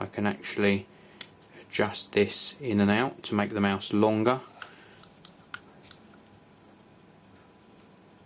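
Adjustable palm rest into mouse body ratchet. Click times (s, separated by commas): 4.6 s, 5.0 s, 5.2 s, 5.5 s, 5.9 s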